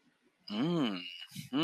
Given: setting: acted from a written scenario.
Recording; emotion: vocal sound without words; desire